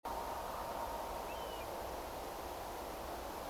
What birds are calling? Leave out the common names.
Pluvialis apricaria